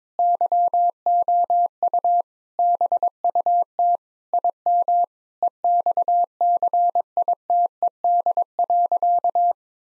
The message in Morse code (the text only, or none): YOU BUT IM EXCITED.